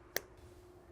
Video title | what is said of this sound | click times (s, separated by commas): BMW N20 Valvetronic Actuator Replacement DIY (2012-2018 BMW F30 328i, F10 528i) | uh new decoupling element slide that on we'll just click into place and this | 0.2 s